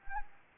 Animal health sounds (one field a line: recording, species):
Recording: mosquito wingbeat signal from an infrared sensor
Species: Anopheles gambiae